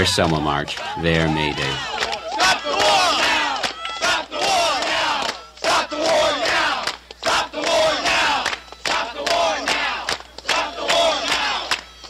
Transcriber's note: chanting